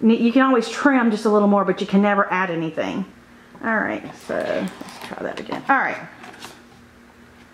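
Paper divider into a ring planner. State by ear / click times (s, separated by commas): not seated / none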